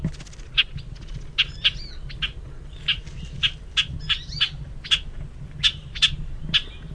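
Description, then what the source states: Bobolink sharp high call notes in a steady series, mixed with short bubbly warbled phrases, over a rumbling low background noise. Call and song.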